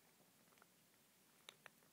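A metal mounting stud is handled as it is slid into a photo super clamp, with faint rustling and two brief, bright ticks near 1.5 and 1.7 seconds. Nothing has seated or locked in yet.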